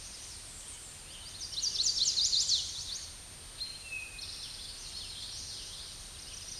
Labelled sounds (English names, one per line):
Eastern Towhee song